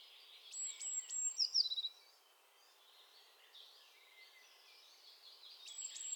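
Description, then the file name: Eurasian blue tit giving a brief high note then a fast string of falling chips, followed by soft background bird chatter and a new burst starting. "Cyanistes caeruleus"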